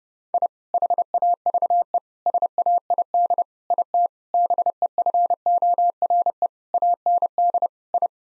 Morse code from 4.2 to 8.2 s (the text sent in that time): BEFORE AND I